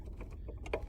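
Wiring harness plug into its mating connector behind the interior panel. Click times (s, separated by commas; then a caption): 0.7 s. A plastic wiring harness connector is pushed into its mating connector behind an interior panel of a 2007–2014 Toyota FJ Cruiser during a Freedom Locker install. A few faint plastic taps are followed by a sharp, louder click at 0.7 s as the connector seats.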